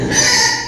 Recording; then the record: squeal of a Yucatan mini pig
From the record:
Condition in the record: before surgery on the right vocal fold (resection and tissue-engineered implant); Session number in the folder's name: 2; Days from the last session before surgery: 0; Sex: male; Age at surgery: 12 weeks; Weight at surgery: 13 kg